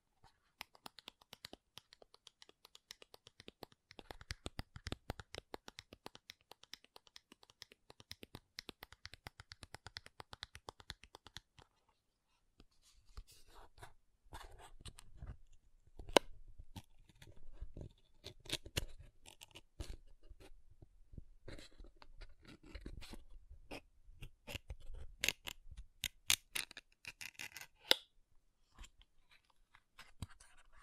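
Makeup being tapped and scratched, with quick, dense clicks running steadily through the first twelve seconds. After a brief pause, the sounds return more irregular and uneven: sharp taps, scratchy scrapes and occasional louder knocks, with a few especially strong hits near sixteen and twenty-eight seconds.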